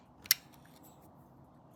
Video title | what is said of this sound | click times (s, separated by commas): Vintage British Motorcycles Repair/Restore | I don't know if you heard that click or not, but that's releasing the valve that was added to the timing cover. | 0.3 s